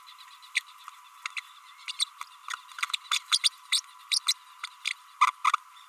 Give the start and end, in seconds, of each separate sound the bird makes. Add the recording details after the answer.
0.55-0.60, 1.36-1.40, 1.88-1.92, 1.99-2.04, 2.50-2.53, 3.11-3.18, 3.31-3.38, 3.43-3.49, 3.71-3.80, 4.11-4.19, 4.28-4.33, 4.85-4.91, 5.21-5.26, 5.44-5.51. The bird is a female. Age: 32 days. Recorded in a nest box in Venezuela. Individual 17B32A7